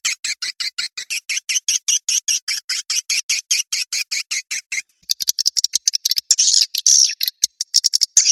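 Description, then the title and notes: Swiftlet chirps: an even, steady run of buzzy high notes. It then shifts to faster, more clicking chirps with a few rasping squeals. Sound used in swiftlet farming in Asia to attract birds. "Swiflet Bird Sound. Farming Swiflet Bird asia sound"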